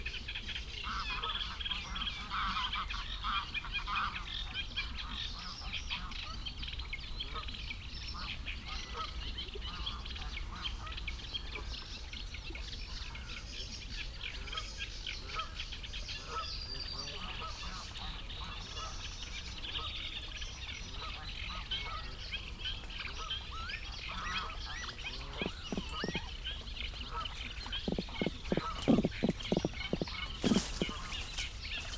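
A sedge warbler and reed bunting sing persistently over a steady reedbed murmur, with dense chattering song filling the upper range throughout. Near the end, from about 26 seconds, greylag geese pass over with loud, rapid, repeated cackling honks.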